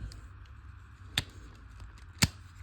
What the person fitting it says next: it should just snap into place like that, which it did. So now it's snapped in.